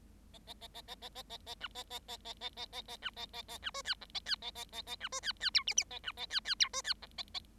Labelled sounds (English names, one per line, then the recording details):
Bengalese Finch song
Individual Bird7